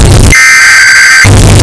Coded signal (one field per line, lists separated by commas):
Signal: Emergency Alert System (SAME) tones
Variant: header bursts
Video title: Emergency Alert System [EAS] Sound Effect Bass Boosted Earrape (1 Hour)